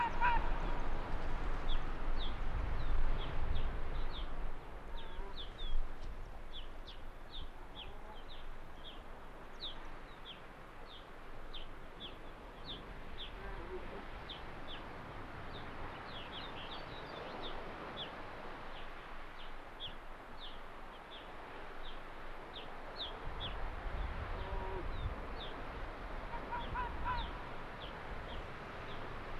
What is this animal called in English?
Arctic Fox